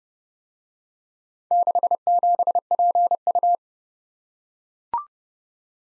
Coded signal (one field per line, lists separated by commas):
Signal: Morse code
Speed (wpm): 28 wpm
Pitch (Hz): 700 Hz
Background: none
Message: 67PU